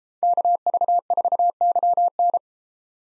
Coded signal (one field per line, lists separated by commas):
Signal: Morse code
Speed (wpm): 33 wpm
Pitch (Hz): 700 Hz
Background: none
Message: KV4YN